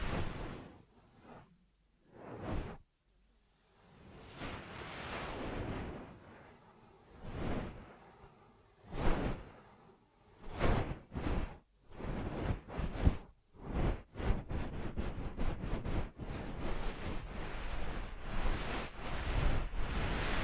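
Ear massage triggers: soft swishing, rubbing strokes with brief pauses early on, growing quicker and more continuous after about ten seconds.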